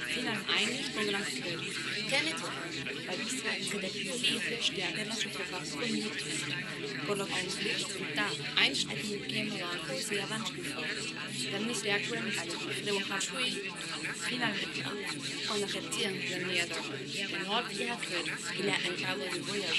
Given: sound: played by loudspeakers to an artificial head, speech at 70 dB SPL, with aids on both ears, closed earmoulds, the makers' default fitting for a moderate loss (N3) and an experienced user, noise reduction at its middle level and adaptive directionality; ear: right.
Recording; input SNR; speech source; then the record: speech test signal (ISTS) in cocktail-party noise; -6 dB; in front (0 degrees)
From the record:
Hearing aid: class 1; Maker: E